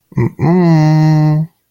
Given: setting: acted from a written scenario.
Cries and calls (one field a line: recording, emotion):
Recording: vocal sound without words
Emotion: romantic love